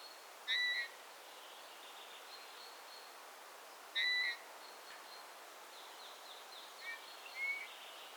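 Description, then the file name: Eurasian bullfinch-type piping calls, two clear whistled notes three and a half seconds apart followed by a fainter pair, over a background of twittering birds. "Pyrrhula pyrrhula"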